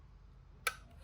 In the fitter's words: feel that little click. That allowed the throttle to drop back down. It took that throttle lock off.